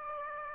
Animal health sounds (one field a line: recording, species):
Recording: mosquito wingbeat signal from an infrared sensor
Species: Aedes aegypti